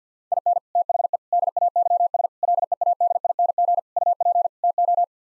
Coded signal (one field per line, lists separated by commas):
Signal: Morse code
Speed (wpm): 50 wpm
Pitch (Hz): 700 Hz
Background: none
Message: IN THE DAYS LEADING UP TO